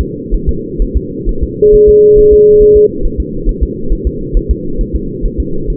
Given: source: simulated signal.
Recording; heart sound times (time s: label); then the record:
fetal heart sounds
0.01 s: S2
0.34 s: S1
0.49 s: S2
0.82 s: S1
0.97 s: S2
1.29 s: S1
1.43 s: S2
1.74 s: S1
1.89 s: S2
2.19 s: S1
2.33 s: S2
2.62 s: S1
2.77 s: S2
3.05 s: S1
3.20 s: S2
3.49 s: S1
3.63 s: S2
3.93 s: S1
4.07 s: S2
4.37 s: S1
4.51 s: S2
4.81 s: S1
4.96 s: S2
5.25 s: S1
5.40 s: S2
5.70 s: S1
From the record:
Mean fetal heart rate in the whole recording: 130 bpm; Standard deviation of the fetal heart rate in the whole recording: 4 bpm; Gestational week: 38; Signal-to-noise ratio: -8.1 dB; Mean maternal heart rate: 72 bpm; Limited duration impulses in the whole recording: present